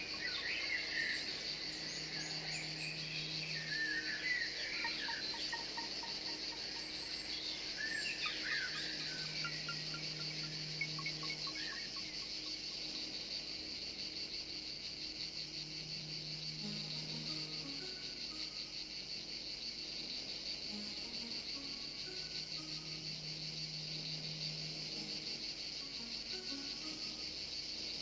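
A nature soundscape filled with a constant, dense shrill of insects in a high, steady band. Scattered bird chirps appear in the first ten seconds, and a low humming tone swells and fades about every seven seconds.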